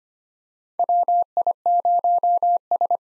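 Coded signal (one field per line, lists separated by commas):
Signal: Morse code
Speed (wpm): 25 wpm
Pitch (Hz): 700 Hz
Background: none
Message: WI0S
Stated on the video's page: Morse code head-copy drill of common POTA activator callsigns at 25 wpm, each sent, then spoken, then sent again.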